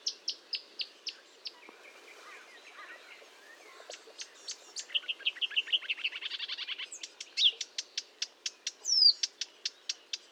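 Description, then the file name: Marsh warbler song: spaced high ticks, then a rattling buzzy run and a series of sharp repeated notes with a squeaky whistled accent. Recorded at Fontaine-Française (Fourneau), France, on 1 June 2022 at 10:55, using a Nagra recorder with a Telinga. "Rousserolle verderolle 1055 Fontaine-Francaise-Fourneau"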